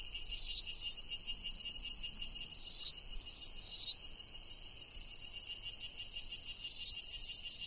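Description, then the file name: Cicada song, a steady high-pitched continuous buzz with occasional louder swells. "Cigarras Iii"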